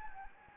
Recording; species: mosquito wingbeat signal from an infrared sensor; Anopheles gambiae